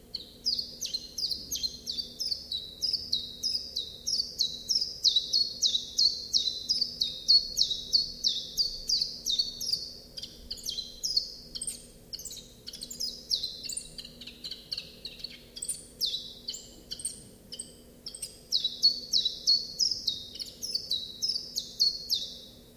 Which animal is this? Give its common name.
Common Chiffchaff